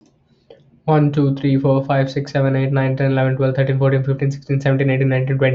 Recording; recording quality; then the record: counting at a fast pace; excellent, no background noise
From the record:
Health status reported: healthy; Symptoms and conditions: none ticked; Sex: male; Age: 25 years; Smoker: yes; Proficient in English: yes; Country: Canada